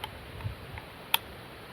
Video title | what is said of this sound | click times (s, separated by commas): A great entry level Savage Axis 6.5 CM. Cheap and dependable! (unbox & review) | magazine seats in there nice and solid you can hear the click | 1.1 s